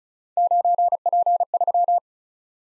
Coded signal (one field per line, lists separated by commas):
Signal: Morse code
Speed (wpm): 36 wpm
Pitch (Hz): 700 Hz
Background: none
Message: 9P3